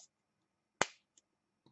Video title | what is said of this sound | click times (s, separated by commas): Review of Winmau Stealth Stem (Short) and Standard Flight set up. | yeah nice click | 0.8 s